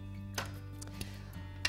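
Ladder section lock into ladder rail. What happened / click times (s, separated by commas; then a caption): Ladder section locks into place / 1.7 s. A ladder section is locked into the ladder rail on the near side after the ladder is turned around. Several small clicks come first, over a steady low hum, and a sharp final click at 1.7 s shows the section has seated in place.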